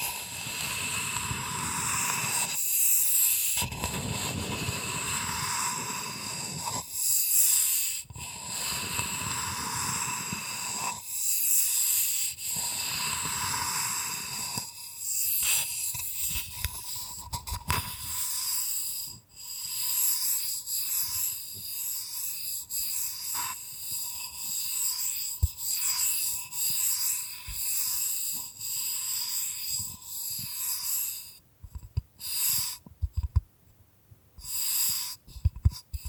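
Bamboo is tapped, scratched and brushed in an uneven run of short strokes and pauses. The first half holds longer rough scraping passages, then the sounds turn into quicker, crisper taps and brushes, with a few sharp clicks near the end and a steady faint hiss underneath.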